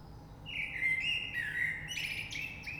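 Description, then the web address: Common blackbird song: one long, mellow, fluted warble that wavers in pitch, ending in high, thin squeaky notes, over a steady low background hiss. Recorded 3 March 2020. "oiseaux Rush Merle 3-3-2020"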